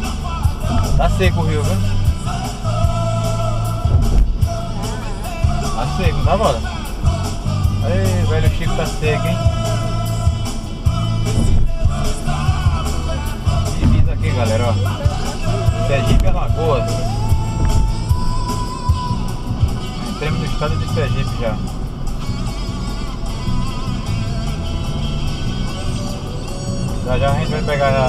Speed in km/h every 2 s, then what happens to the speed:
42, 45, 49, 53, 53, 55, 60, 59, 60, 59, 57, 57, 58, 61.
0-12 speeds up to 60. 12-28 steady at about 59.